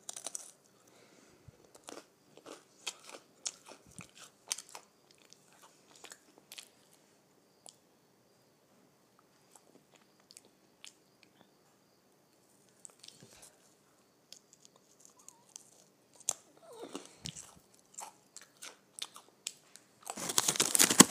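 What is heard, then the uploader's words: Crisp crunching of potato chips in bursts, with quiet pauses midway and a loud rustling rush at the very end. Crunching on Potato Chips.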